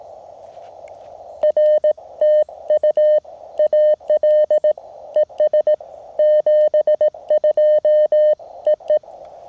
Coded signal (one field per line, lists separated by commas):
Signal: Morse code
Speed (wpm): 18 wpm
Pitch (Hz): 1800 Hz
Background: none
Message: RTU AL ES 72 EE